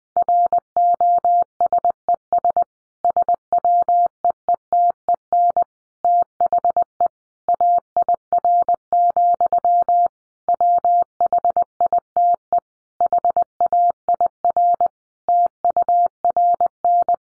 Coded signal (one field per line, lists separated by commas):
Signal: Morse code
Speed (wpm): 20 wpm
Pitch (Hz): 700 Hz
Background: none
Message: ROSES SWEETEN THE AIR, WHITE HAIR TURN